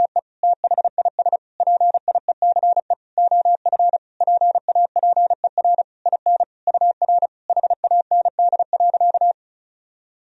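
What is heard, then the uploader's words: Words and abbreviations tapped out in Morse code as a single steady mid-pitched tone, switching on and off in short dots and longer dashes. The beeps run in quick, irregular groups with brief gaps between letters and words, ending just after nine seconds into silence. Sentences from Top 400 Words and Abbreviations 35wpm. First, the words and abbreviations are sent in Morse code.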